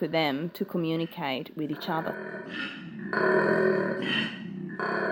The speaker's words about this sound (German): Erst klingt es so, als hätte man einen Löwen hinter sich. Und dann entwickelt sich das Ganze zu einem Quieken wie von einem Schwein. Dieser höchst eigenwillige Ton spielt bei der Kommunikation von Koalas eine große Rolle.